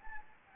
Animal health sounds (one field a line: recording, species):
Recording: mosquito wingbeat signal from an infrared sensor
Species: Anopheles gambiae